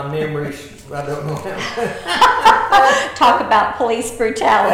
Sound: laughter

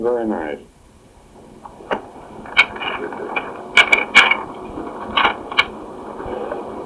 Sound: papers rustling

